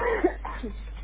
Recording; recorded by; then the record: voluntary cough; telephone call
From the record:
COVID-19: negative